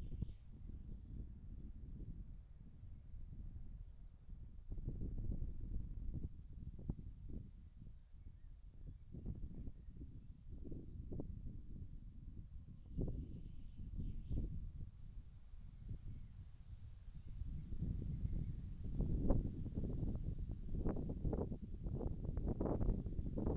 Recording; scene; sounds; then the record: everyday scene through a hearing-aid microphone; wind on the microphone; wind, birds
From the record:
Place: in front of a rural house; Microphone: behind the ear, left, rear